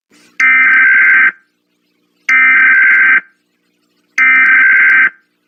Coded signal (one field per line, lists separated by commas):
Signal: Emergency Alert System (SAME) tones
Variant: header bursts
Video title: EAS Scenario : The Minimighty Kids